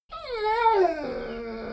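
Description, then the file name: Dogo Argentino whine: a single high, tonal whimper rising then sliding down over about a second, trailing into a lower, rougher tail. "dogo argentino whine"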